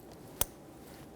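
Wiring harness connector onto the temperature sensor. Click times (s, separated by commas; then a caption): 0.4 s. A plastic wiring harness electrical connector is lined up and pushed onto the air charge temperature sensor of a 2007-2017 Jeep Patriot 2.4L L4. A single short, sharp click at 0.4 s stands out against a quiet background. The connector is seated, and the red locking tab is then pushed down to lock it.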